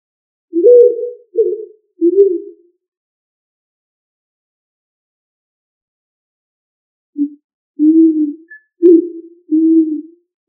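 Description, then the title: Pigeon cooing: three soft, low, hollow coos, a pause of several seconds, then four more coos in a quick run; otherwise quiet. "Familia ColumbidaePomba"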